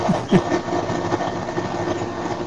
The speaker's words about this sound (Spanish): escuchando por ahí un tractor.